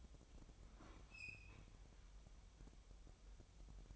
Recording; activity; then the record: daily activity, microphone in the room; open fridge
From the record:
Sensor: 1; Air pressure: 988.4 hPa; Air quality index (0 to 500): 198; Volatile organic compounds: 1000 ppm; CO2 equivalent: 5297 ppm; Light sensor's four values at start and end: 26/97/37/38 and 26/97/36/38